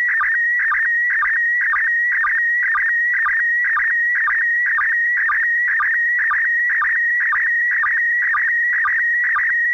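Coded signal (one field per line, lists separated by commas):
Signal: SSTV (slow-scan television)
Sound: warbling tone near 2 kHz with rhythmic low chirps about twice per second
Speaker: I've left the entire transmission in this video with no audio edited or spoken over so if you want to you can replay that transmission and decode it yourself using an application like mm SS T V yourself now this is the picture this is the first picture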